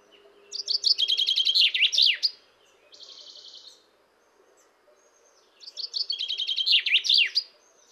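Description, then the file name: Common chaffinch singing a rattling descending trill ending in a flourish, then a brief thin trill fragment, followed by a second full song phrase. "Fringilla coelebs"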